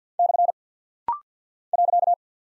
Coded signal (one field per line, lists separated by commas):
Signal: Morse code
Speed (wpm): 50 wpm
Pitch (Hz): 700 Hz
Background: none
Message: / .